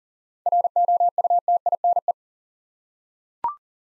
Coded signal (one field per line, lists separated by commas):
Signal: Morse code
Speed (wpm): 40 wpm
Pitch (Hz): 700 Hz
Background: none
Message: ROUTINE